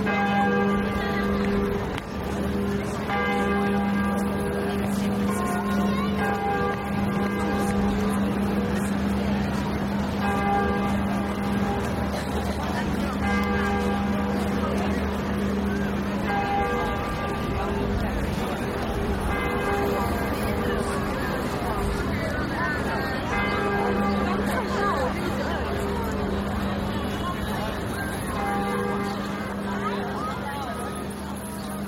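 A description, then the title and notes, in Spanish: Church bells ring at Notre Dame, struck about every three seconds over a sustained low hum that holds through most of the half minute. A crowd murmurs steadily beneath them, with faint traffic in the background, and the loudness stays even throughout. Notre Dame, paisaje sonoro. El sonido caótico de la plaza, invadida de turistas haciendo una enorme fila para entrar a conocer Notre Dame de Paris. Pero aquel medio día tan caluroso, por primera vez estaba allí con mi teléfono inteligente y un micrófono estéreo entre el bolsillo.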